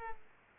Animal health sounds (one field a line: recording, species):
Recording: mosquito wingbeat signal from an infrared sensor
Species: Culex pipiens